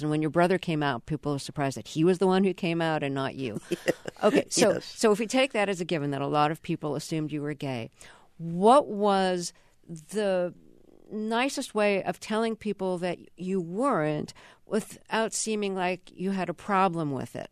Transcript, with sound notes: And when your brother came out, people were surprised that he was the one who came out and not you.
(Laughter) Yes.
So if you take that as a given that a lot of people assumed you were gay, what was the nicest way of telling people that you weren't without seeming like you had a problem with it?